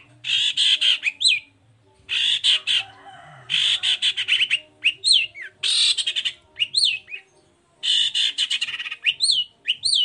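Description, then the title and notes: Long-tailed shrike giving long raspy harsh bursts, each followed by sharp up-and-down whistled notes, repeated several times with brief gaps. Cendet singing in the morning with varied 'toet toet' notes; used as a lure to provoke other shrikes into answering. "Cendet Gacor Dor Di Kala Pagi Toet Toet Variasi Suara. Pancingan Emosi Cendet Gacor Full Variasi Toet Toet Bikin Nyaut Cendet Lain Langsung Ikutan Bunyi. Burung cendet"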